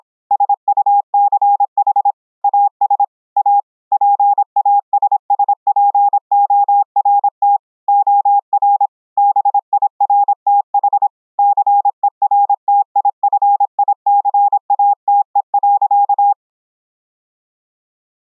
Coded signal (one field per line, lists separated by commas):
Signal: Morse code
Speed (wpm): 26 wpm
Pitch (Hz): 810 Hz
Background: none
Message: SUCH AS A PASSPORT OR BIRTH CERTIFICATE.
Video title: Morse Code audio & video QSO over internet between 4 CW OPs using the FREE Discord Voice Chat APP